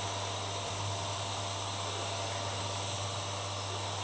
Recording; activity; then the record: daily activity, microphone in the room; vacuum cleaning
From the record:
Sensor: 3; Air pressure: 1007.7 hPa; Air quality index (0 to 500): 49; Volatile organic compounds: 1 ppm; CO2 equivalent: 576 ppm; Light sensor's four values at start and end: 8/18/7/7 and 8/17/7/7